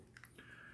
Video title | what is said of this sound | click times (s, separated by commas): Hasbro Marvel Spider-Man VenomVersus Spider-Man Liquid Shifter | and we put that on the back which Clips in very easy | 0.2 s